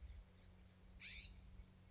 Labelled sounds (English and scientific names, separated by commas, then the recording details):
California Scrub-Jay (Aphelocoma californica)
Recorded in Sonoma County, California